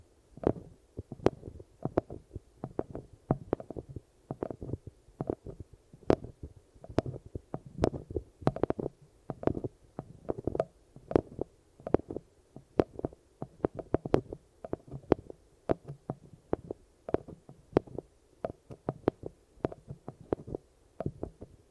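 An eardrum massage made of dense, uneven muffled taps and soft thumps that continue without pause for the whole stretch. The sounds are mostly low and padded, with frequent sharp, bright clicks poking through every second or so.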